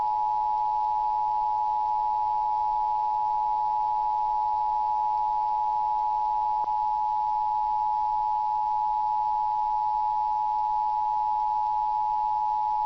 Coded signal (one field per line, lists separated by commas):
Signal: Emergency Alert System (SAME) tones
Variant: 853 and 960 Hz attention tone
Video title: [EAS MOCK] CAPITEMIA OUTBREAK